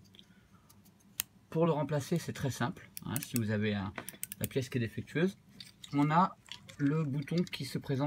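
A microswitch is pulled back out of an arcade push button housing after the housing clips are spread apart, to show how to replace it. A sharp snap is heard at 1.2 s as the microswitch comes free, followed by someone talking.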